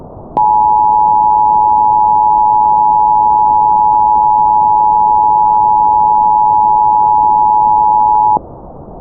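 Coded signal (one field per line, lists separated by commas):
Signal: Emergency Alert System (SAME) tones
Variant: 853 and 960 Hz attention tone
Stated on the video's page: Valid SAME codes in a fictional zombie-virus EAS scenario.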